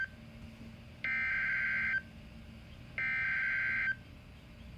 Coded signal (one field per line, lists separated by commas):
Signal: Emergency Alert System (SAME) tones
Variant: header bursts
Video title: River Flood Warning EAS #58